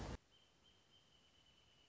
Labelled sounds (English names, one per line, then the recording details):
Wrentit
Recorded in Sonoma County, California